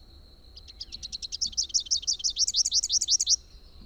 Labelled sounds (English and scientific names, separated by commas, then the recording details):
Rufous-capped Warbler (Basileuterus rufifrons) song
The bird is a male
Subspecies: rufifrons
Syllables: 30
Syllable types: 7
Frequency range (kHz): 2.9-7.2 kHz
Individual YA-YRS-M